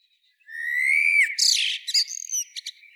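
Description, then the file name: Common blackbird singing a long, clear rising whistle that breaks into a harsh, squeaky twitter and a few quick high chirps. "Turdus merula"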